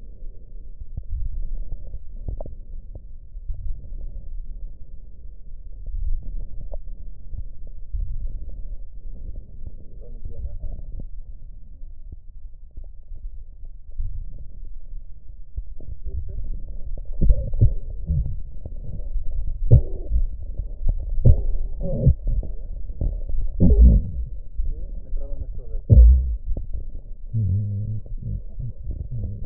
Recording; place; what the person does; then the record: lung sounds by stethoscope; left posterior basal chest; quiet breathing, then cough and speech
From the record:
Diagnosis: pulmonary infection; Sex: male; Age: 69 years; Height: 184 cm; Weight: 115 kg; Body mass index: 34.0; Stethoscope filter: extended mode